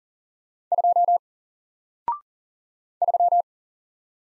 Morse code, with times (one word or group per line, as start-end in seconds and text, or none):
0.7-1.2 2
3.0-3.4 3